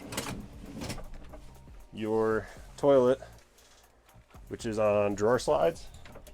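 A dry-flush toilet mounted on drawer slides in a van bathroom cabinet is handled while someone talks, with a few light knocks and sliding sounds around the speech. The clip ends before the toilet drawer locks into place, so nothing has seated or clicked yet.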